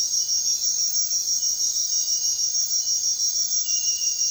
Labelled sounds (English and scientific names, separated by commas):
none